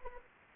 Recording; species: mosquito wingbeat signal from an infrared sensor; Anopheles gambiae